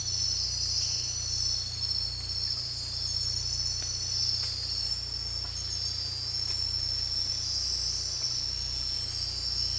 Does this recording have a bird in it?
no